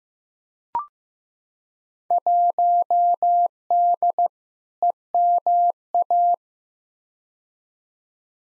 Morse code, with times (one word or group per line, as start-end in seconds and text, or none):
2.1-4.3 1D
4.8-6.3 EMA